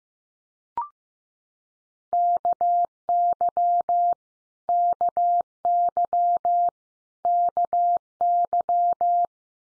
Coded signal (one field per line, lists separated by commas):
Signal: Morse code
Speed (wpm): 15 wpm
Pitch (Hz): 700 Hz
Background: none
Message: KY KY KY